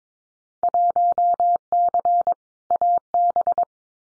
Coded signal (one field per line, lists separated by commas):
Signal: Morse code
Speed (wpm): 22 wpm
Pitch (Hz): 700 Hz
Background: none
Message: 1C AB